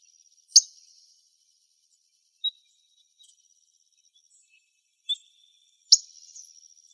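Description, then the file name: Pyrrhuloxia calls: two sharp metallic chips just over five seconds apart, with two brief softer lower notes between them, against a continuous high-pitched insect drone. Calls recorded in Arizona. "PYRR CALLS deviche"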